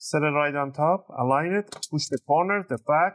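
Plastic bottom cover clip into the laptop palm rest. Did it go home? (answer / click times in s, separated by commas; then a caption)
no / none. During reassembly of an Asus D515D/D515DA BQ1343W laptop, the plastic bottom cover is set on top and aligned, and its back corner is about to be pressed so its clips snap into the palm rest. Only someone talking is heard, with no clicks. Nothing has seated or clicked yet.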